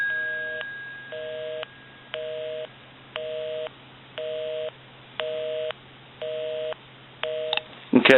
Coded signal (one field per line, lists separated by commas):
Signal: telephone call progress tone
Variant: North America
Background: speech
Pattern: busy tone